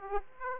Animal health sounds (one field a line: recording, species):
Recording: mosquito wingbeat signal from an infrared sensor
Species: Aedes aegypti